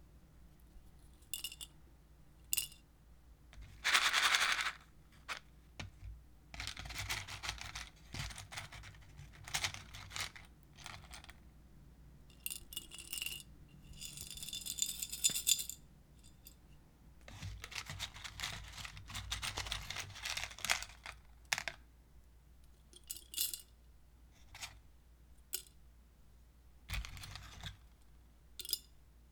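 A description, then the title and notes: Wooden matches rattle and clink against glass in irregular bursts, with sharp bright ticks and short clattering runs around 4, 13–16 and 18–21 seconds. Quieter gaps between handlings carry a faint low hum, and single isolated clicks recur throughout. Wooden matches and glass.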